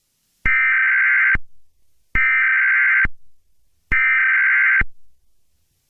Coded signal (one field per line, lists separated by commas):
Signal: Emergency Alert System (SAME) tones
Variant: header bursts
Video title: EAS Scenario #42: Volcanic Havoc